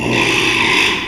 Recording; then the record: squeal of a Yucatan mini pig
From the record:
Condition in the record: after surgery on the right vocal fold (resection and tissue-engineered implant); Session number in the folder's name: 1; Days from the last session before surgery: 6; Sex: male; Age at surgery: 12 weeks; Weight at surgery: 13 kg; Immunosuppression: cyclosporine, prednisolone